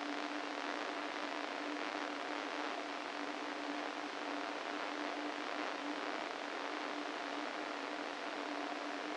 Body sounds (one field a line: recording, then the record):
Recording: brain microelectrode recording played as sound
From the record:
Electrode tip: inside the subthalamic nucleus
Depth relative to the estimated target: 2 mm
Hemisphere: right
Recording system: NeuroSet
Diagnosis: Parkinson's disease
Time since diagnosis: 13 years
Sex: male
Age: 49 years